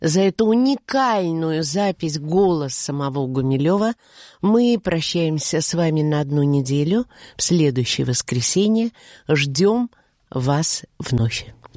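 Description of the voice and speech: A single adult speaker talks in Russian, fluently and clearly, in a steady mid-pitched voice with smooth phrasing and short natural pauses between sentences. Ordinary broadcast speech; no voice or speech disorder is heard.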